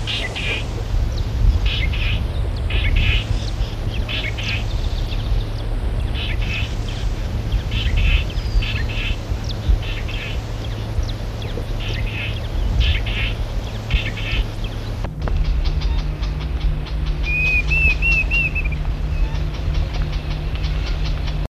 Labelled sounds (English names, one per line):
Lesser Grey Shrike call